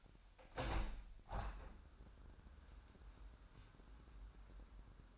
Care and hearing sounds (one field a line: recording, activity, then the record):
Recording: daily activity, microphone in the room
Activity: open window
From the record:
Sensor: 2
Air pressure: 998.5 hPa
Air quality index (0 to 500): 137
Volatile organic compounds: 4 ppm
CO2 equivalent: 1557 ppm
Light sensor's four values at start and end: 7/17/7/8 and 7/18/7/8